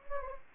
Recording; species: mosquito wingbeat signal from an infrared sensor; Anopheles gambiae